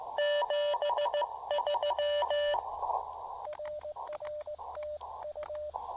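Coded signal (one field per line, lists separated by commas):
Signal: Morse code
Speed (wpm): 17 wpm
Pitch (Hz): 590 Hz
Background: radio noise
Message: 73 RR TU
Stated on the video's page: Morse heard during a POTA park activation.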